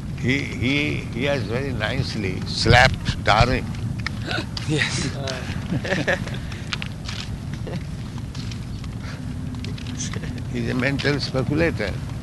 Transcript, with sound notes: He has very nicely slapped Darwin. [chuckles] He is a mental speculator.